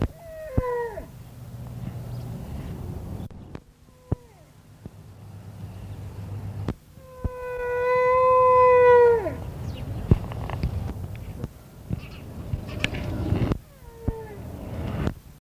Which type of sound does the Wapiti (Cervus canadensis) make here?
call